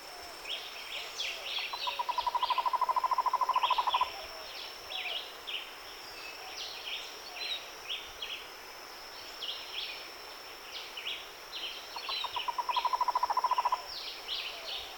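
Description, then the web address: Cuban trogon calling in two bursts of rapid, evenly pulsed low notes, with many small birds chirping and twittering higher throughout. "Cuban trogon. صدای-پرنده-لانه-کن-کوبایی"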